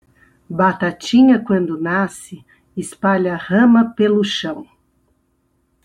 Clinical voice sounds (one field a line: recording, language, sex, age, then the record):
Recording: short text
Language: Brazilian Portuguese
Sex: female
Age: 60 to 69 years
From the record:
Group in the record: control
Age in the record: 63 years